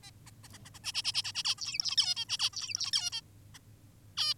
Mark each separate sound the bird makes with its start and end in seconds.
0.03-0.11, 0.26-0.31, 0.44-0.48, 0.54-0.58, 0.65-0.70, 0.74-0.79, 0.84-0.92, 0.94-1.03, 1.04-1.12, 1.14-1.23, 1.24-1.32, 1.35-1.43, 1.45-1.55, 1.58-1.96, 1.97-2.15, 2.16-2.25, 2.29-2.38, 2.39-2.50, 2.53-2.92, 2.93-3.10, 3.12-3.21, 3.54-3.59, 4.17-4.34